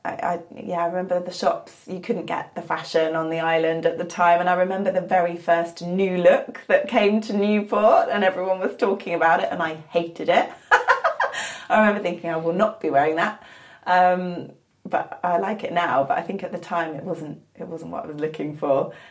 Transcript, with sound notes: I remember the shops, you couldn’t get the fashion on the Island at the time and I remember the very first New Look that came to Newport and everyone was talking about it, and I hated it. (laughs) I remember thinking I will not be wearing that. I like it now, but I think at the time it wasn’t what I was looking for,